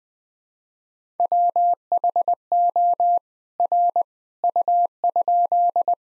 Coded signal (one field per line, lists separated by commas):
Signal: Morse code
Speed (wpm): 20 wpm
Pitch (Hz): 700 Hz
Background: none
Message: WHO R U?